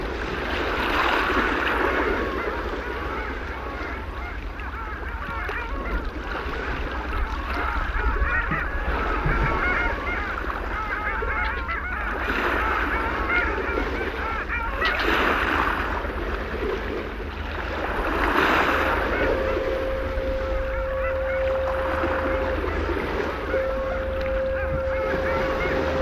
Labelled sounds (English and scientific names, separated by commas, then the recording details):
Long-tailed Duck (Clangula hyemalis) call
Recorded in the wild
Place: Dwasiden, Insel Rügen, Mecklenburg-Vorpommern, DE
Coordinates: 54.51, 13.62
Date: 1970-04-14
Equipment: Nagra III BH, Sennheiser MD 21, parabola
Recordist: Schubert, Michael